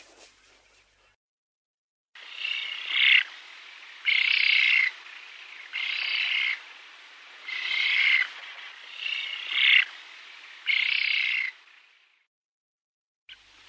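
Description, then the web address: Eurasian spoonbill making harsh, buzzy calls, each about a second long, repeated roughly every one to two seconds, six in a row. "Uzbek hayvonlar. Platalea leucorodia"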